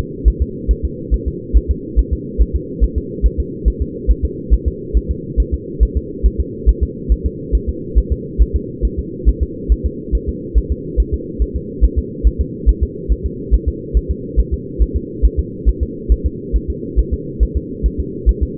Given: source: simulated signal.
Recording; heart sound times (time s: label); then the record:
fetal heart sounds
0.28 s: S1
0.42 s: S2
0.71 s: S1
0.85 s: S2
1.14 s: S1
1.28 s: S2
1.57 s: S1
1.71 s: S2
1.99 s: S1
2.13 s: S2
2.42 s: S1
2.56 s: S2
2.84 s: S1
2.98 s: S2
3.26 s: S1
3.40 s: S2
3.68 s: S1
3.82 s: S2
4.11 s: S1
4.25 s: S2
4.54 s: S1
4.68 s: S2
4.97 s: S1
5.11 s: S2
5.40 s: S1
5.54 s: S2
5.83 s: S1
5.97 s: S2
6.26 s: S1
6.40 s: S2
6.69 s: S1
6.83 s: S2
7.12 s: S1
7.26 s: S2
7.55 s: S1
7.69 s: S2
7.98 s: S1
8.12 s: S2
8.42 s: S1
8.56 s: S2
8.85 s: S1
8.99 s: S2
9.29 s: S1
9.43 s: S2
9.72 s: S1
9.86 s: S2
10.15 s: S1
10.29 s: S2
10.58 s: S1
10.72 s: S2
11.00 s: S1
11.14 s: S2
11.42 s: S1
11.56 s: S2
11.84 s: S1
11.99 s: S2
12.27 s: S1
12.41 s: S2
12.69 s: S1
12.83 s: S2
13.12 s: S1
13.26 s: S2
13.54 s: S1
13.69 s: S2
13.97 s: S1
14.11 s: S2
14.40 s: S1
14.54 s: S2
14.82 s: S1
14.96 s: S2
15.25 s: S1
15.39 s: S2
15.69 s: S1
15.83 s: S2
16.12 s: S1
16.26 s: S2
16.56 s: S1
16.70 s: S2
16.99 s: S1
17.13 s: S2
17.43 s: S1
17.57 s: S2
17.86 s: S1
18.00 s: S2
18.29 s: S1
18.43 s: S2
From the record:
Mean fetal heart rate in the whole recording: 140 bpm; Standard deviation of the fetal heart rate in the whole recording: 2 bpm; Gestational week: 34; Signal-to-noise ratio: -4.1 dB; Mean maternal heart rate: no maternal heart sound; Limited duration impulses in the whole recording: absent